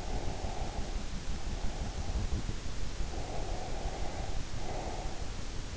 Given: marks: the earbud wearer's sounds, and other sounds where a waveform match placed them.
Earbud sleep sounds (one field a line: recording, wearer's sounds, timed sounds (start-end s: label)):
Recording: sounds in sleep by an in-ear microphone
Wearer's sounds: breath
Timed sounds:
0.07-2.40 s: breath
3.27-5.33 s: breath